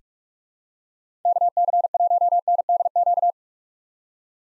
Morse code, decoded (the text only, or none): KC1NDQ